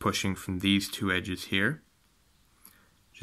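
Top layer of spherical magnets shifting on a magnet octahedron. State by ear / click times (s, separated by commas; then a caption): seated / 2.7 s. Someone talks while the top layer of small spherical magnets on a magnet octahedron is pushed over by one magnet from two edges. After the talking stops, a single sharp, faint click is heard at 2.7 seconds as the layer seats into place.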